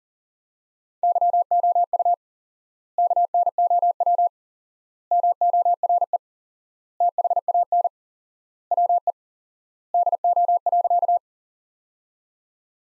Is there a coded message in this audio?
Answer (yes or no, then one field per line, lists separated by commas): yes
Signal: Morse code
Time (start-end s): 1.0-11.2 s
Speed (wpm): 40 wpm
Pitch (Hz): 700 Hz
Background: none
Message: YOU KNOW MORE THAN WE DO.